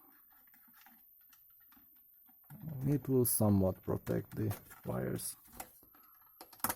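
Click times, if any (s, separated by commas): 6.6 s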